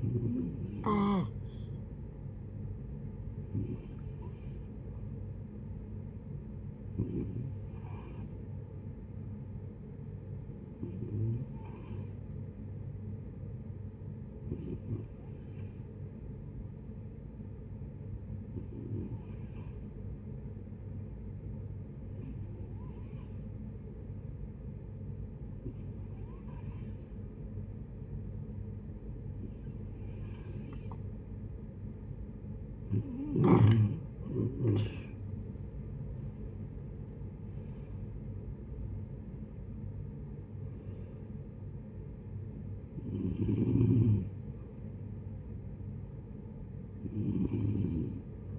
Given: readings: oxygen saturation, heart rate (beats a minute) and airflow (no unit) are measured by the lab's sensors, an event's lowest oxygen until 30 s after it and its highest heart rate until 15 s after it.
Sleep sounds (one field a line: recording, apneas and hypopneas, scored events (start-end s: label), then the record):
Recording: breathing in sleep by a smartphone at the bedside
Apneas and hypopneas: 1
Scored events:
4.00-48.59 s: new sleep stage, N2 (light sleep)
12.00-31.50 s: hypopnea (N2, oxygen 93% highest, then 88% lowest, heart rate 62 at the start, 80 highest)
From the record:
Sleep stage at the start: N1 (lightest sleep)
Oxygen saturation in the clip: 88 to 93%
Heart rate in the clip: 56 to 80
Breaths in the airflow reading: 14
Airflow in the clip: -15.6 to 13.4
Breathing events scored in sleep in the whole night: 496 in 5.4 hours asleep